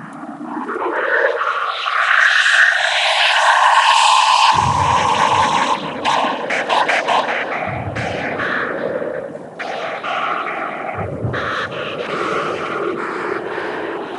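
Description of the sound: Music processed to simulate hearing through a 16-channel cochlear implant: coarse, buzzy vocoded bands with smeared pitch and noisy, fluctuating texture.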